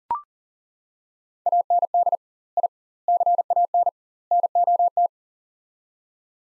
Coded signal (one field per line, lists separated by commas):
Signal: Morse code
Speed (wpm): 40 wpm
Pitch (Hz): 700 Hz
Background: none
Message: AND I CAN NOT